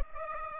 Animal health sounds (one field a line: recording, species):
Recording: mosquito wingbeat signal from an infrared sensor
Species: Culex pipiens